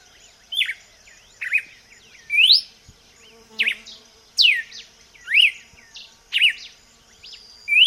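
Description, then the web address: Red-cowled cardinal song: loud slurred whistled notes, some rising and some falling, given about once a second over a constant high insect buzz. "vocs paroaria dominicana"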